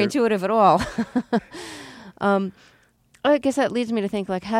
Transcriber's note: laughs